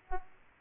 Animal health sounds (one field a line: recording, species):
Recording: mosquito wingbeat signal from an infrared sensor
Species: Aedes aegypti